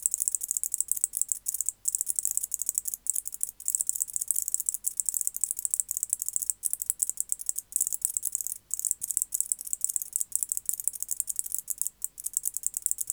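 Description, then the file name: White-faced bush-cricket song, a continuous high-pitched rapid ticking stridulation with brief gaps now and then. "Decticus albifrons"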